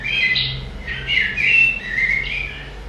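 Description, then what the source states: Mistle thrush song: a jumbled run of short whistled and warbled phrases, shifting in pitch. Song described as a bit of a jumble, hard to pin down, not as distinct as a song thrush or blackbird.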